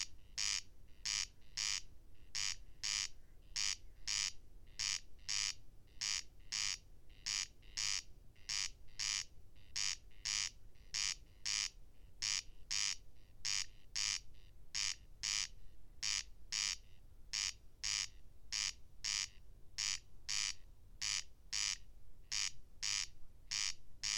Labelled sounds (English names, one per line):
Corn Crake song